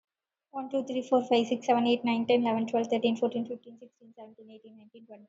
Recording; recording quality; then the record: counting at a fast pace; excellent, no background noise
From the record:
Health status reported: COVID-19 positive, moderate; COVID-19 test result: positive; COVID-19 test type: RT-PCR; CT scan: not taken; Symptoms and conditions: cough, sore throat, fever, muscle pain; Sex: female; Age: 30 years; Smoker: no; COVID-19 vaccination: both doses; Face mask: worn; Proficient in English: yes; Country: India